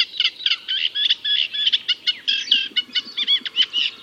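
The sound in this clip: Reed warbler song, a steady chattering run of harsh grating and churring notes.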